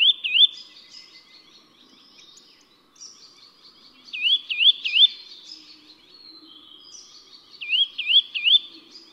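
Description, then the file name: Eurasian nuthatch whistling in bursts of three looping, upslurred notes, repeated several times, while other birds keep up fine, high twittering trills behind. "茶腹鳲"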